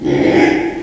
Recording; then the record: squeal of a Yucatan mini pig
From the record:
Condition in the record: after surgery on the right vocal fold (resection and tissue-engineered implant); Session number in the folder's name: 4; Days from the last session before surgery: 42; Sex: male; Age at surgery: 12 weeks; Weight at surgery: 13 kg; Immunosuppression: cyclosporine, prednisolone